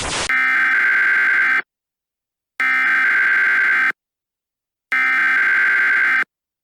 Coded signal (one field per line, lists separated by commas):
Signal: Emergency Alert System (SAME) tones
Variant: header bursts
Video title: EAS SCENARIO - What Lies Down There?